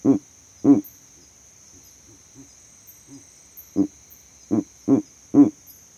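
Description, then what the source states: Verreaux's eagle owl calling with deep, short grunting hoots in irregular bursts, softer low notes between, against a continuous high-pitched insect whine. Male advertising his territory from a tree in savanna; captured by an overnight sound recording rig set up in that same tree.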